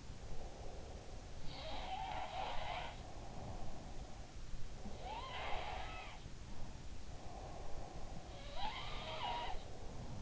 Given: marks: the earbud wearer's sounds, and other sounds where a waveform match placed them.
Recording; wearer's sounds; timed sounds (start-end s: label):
sounds in sleep by an in-ear microphone; breath
0.00-1.68 s: breath
1.36-4.44 s: sound from someone else or the room
3.08-5.76 s: breath
4.96-6.94 s: sound from someone else or the room
7.14-10.22 s: breath
8.28-10.22 s: sound from someone else or the room